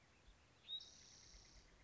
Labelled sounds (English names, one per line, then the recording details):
Spotted Towhee
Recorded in Sonoma County, California